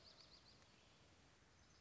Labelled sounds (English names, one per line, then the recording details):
Dark-eyed Junco
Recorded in Sonoma County, California